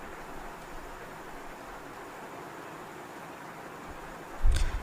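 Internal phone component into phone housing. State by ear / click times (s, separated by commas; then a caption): seated / 4.6 s. An internal phone component is pressed down into the phone housing with a plastic tool over a steady low hiss. A single short, sharp click at 4.6 s marks the part snapping into place, and it is seated.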